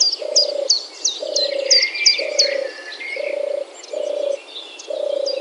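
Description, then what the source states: European turtle dove purring: low rolled notes about half a second long, repeated roughly once a second, with small birds chirping and twittering high above. Recorded on 4 July 2013.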